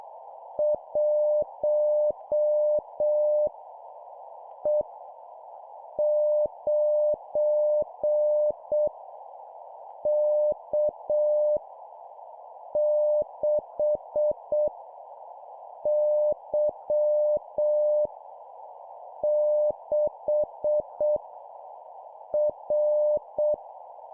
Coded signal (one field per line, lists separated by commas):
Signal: Morse code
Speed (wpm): 6 wpm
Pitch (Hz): 600 Hz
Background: none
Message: 1 E 9 K 6 Y 6 R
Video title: 7wpm Random Letter Number, CW morse code Copy Speed improvement